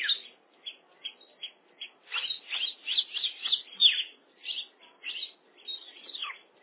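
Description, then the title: Oriental magpie-robin song, opening with spaced single chirps, then a tumbling run of sweet whistles and harsher notes, ending with a falling slurred whistle. "Kacer"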